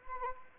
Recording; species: mosquito wingbeat signal from an infrared sensor; Anopheles arabiensis